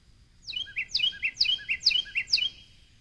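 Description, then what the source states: Carolina Wren song, five loud chanting phrases of a sharp falling note plus lower warbled notes, delivered in a steady, rapid rhythm. Small bird with a very big voice; song very repetitive and rhythmical.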